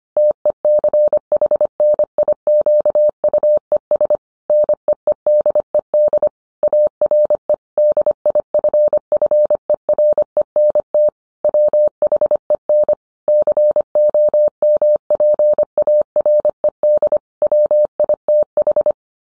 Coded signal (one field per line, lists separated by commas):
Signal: Morse code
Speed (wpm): 25 wpm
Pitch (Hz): 600 Hz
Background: none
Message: TECHNIQUES NEEDED ARE DIFFERENT WHEN COMPARED WITH